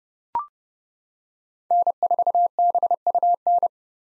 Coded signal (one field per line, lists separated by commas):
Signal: Morse code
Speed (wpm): 30 wpm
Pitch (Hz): 700 Hz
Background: none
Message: N4BUN